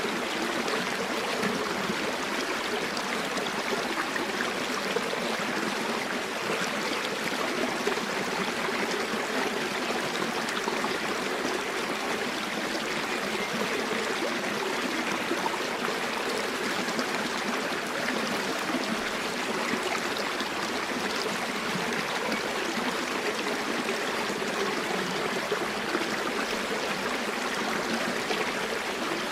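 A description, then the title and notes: A river runs steadily for the whole clip, a dense, even rush of water with no pauses or swells. The sound sits mostly in the middle and upper range, hissy and bright, with little low rumble. Relaxing River Sound. Nature White Noise.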